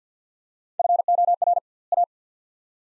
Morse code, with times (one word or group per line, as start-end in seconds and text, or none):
0.8-1.6 FOR
1.9-2.0 A